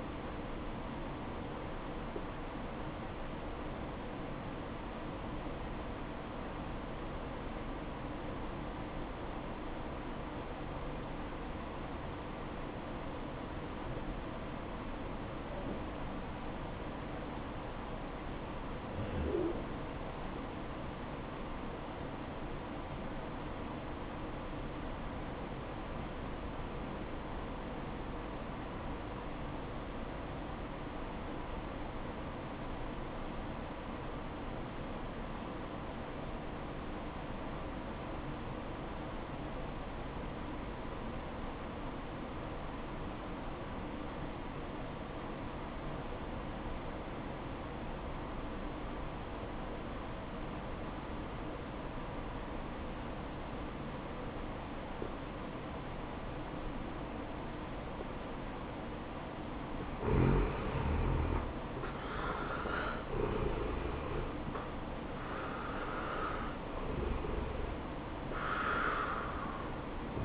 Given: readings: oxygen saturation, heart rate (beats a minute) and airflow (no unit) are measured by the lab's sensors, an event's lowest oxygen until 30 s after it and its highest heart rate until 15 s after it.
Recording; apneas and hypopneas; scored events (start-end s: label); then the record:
breathing in sleep by a voice recorder at the bedside; 1
5.00-61.40 s: obstructive apnea (N1, oxygen 94% highest, then 72% lowest, heart rate 65 at the start, 83 highest)
6.00-70.25 s: new sleep stage, REM sleep
From the record:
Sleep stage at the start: N1 (lightest sleep); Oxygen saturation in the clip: 72 to 94%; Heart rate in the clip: 51 to 83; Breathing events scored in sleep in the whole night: 573 in 9.8 hours asleep